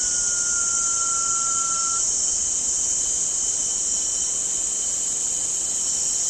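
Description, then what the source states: Blue-banded pitta call: a long, pure whistled note, gently falling, over a steady high-pitched hiss and a constant thin tone. Recorded on 1 June 2007.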